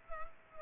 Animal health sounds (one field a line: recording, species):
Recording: mosquito wingbeat signal from an infrared sensor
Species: Culex pipiens